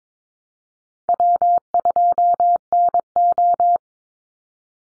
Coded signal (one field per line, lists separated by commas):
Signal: Morse code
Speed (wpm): 22 wpm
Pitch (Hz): 700 Hz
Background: none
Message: W2NO